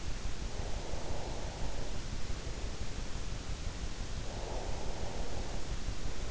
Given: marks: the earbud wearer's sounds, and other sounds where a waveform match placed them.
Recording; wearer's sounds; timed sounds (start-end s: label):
sounds in sleep by an in-ear microphone; breath
0.65-2.79 s: breath
4.23-6.31 s: breath